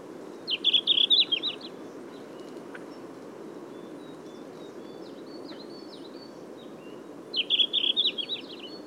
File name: Tarsiger cyanurus song